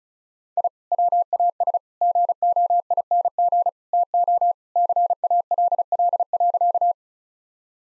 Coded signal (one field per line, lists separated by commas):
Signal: Morse code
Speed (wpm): 34 wpm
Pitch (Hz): 700 Hz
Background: none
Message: I WAS GOING TO CALL.